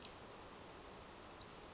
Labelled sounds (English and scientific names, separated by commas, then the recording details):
Western Flycatcher (Empidonax difficilis)
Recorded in Sonoma County, California